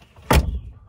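A Citroen Berlingo Multispace rear seat back is pulled back until its floor/backrest latch clicks into the vehicle seat mounting, giving one sharp, loud click at 0.3 s. The seat is locked in place, with the indicator button popped up flush.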